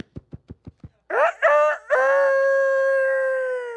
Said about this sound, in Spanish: Cantó el gallo. Y cantando el gallo, traen a Jesús sacándolo.